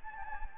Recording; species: mosquito wingbeat signal from an infrared sensor; Anopheles gambiae